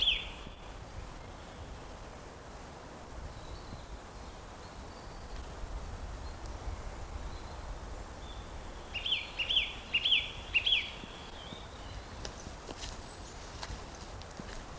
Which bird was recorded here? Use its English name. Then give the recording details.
Song Thrush. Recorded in the wild. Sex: male. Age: adult. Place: Blankenfelde, Tegeler Fließ, Berlin, DE. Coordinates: 52.625, 13.404. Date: 1992-04-11 10:30. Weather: heiter, 14°C, Wind. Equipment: Nagra SN, Mikrofon AKG CK 8, Kopie Tesla B 116. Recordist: Tembrock, Günter